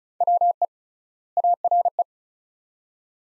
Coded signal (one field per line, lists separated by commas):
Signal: Morse code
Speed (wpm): 34 wpm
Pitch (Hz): 700 Hz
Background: none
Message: WE ARE